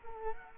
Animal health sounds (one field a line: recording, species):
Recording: mosquito wingbeat signal from an infrared sensor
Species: Culex quinquefasciatus